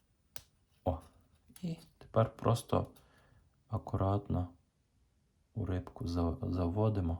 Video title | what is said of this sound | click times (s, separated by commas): ОСНАЩЕННЯ РИБОК 22 см ЩУКА | ми продягаємо його до щілчка. | 0.4 s